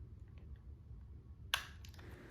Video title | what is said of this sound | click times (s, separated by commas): CLIPPERDEMO | the reason for having your clipper on is so that the blade snaps into place | 1.5 s